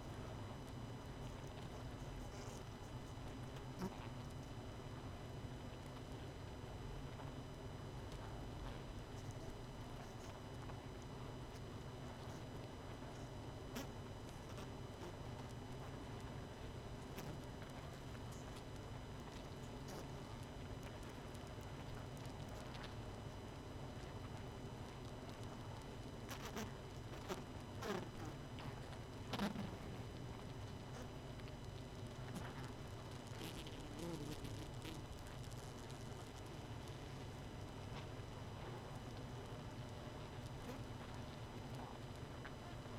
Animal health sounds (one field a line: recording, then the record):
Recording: honeybee colony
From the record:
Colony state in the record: missing queen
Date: 31 May 2018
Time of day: 22:20